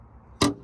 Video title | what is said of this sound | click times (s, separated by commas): 2023 Chevrolet Silverado 1500 Chevytec spray-on bedliner | that unlocks it. | 0.4 s